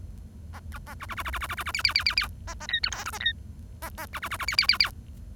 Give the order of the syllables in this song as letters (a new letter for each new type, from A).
A B A B B B B B B B B B C C C C C A A D E F G A D A A B B B B C C C C